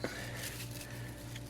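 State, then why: Not seated. A plastic brush head is picked up and twisted around on the drive hub of an Hdyfix electric spin scrubber to line it up before fitting. Only quiet handling sounds are heard over a low steady hum, with a brief soft knock near the start. Nothing has seated or clicked yet.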